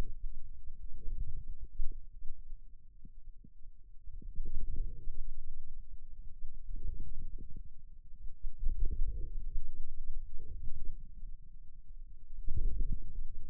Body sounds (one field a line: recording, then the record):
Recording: forearm muscle sounds (acoustic myography)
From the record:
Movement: inward rotation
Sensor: system 2, bracelet of six BSWA MPA416 microphones around the upper forearm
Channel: 5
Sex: male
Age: 22 years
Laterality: right